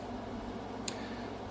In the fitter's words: Then go ahead and release your piston and it locks into place.